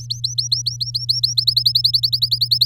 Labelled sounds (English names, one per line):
Domestic Canary song